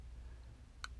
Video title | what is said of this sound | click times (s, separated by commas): How to Disassemble an Xbox 360 controller | when everything's lined up until everything clicks in place | 0.8 s